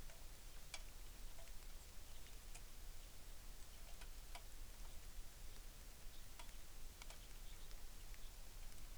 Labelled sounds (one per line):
songbird
rain